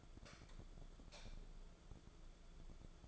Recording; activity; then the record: daily activity, microphone in the room; light on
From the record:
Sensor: 5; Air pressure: 1010.4 hPa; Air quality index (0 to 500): 118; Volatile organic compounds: 2 ppm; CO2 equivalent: 1164 ppm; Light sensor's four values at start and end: 483/1238/511/574 and 486/1247/515/578